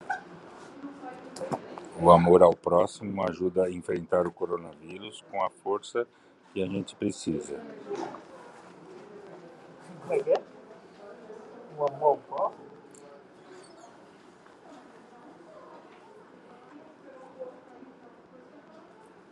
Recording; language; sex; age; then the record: spoken sentence; Brazilian Portuguese; male; 60 to 69 years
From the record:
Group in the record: control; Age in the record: 60 years